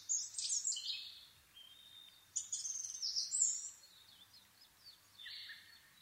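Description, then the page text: Asian brown flycatcher song, a run of thin, high twittering phrases with sibilant trills and short scratchy notes, broken by brief pauses. Nikko, Japan, 26 April 2011 at 4:39, altitude 730 m; recorded with a Sony PCM-D50 and Panasonic WM-61A microphone. "kosamebitaki 20110426-0439. Muscicapa dauurica [Sounds -Nikko Today-]. 4/ 26 2011, 4:39 alt=730m"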